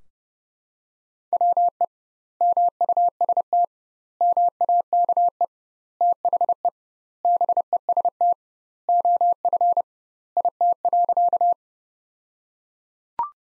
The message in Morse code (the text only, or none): WE MUST MAKE THE BEST OF IT.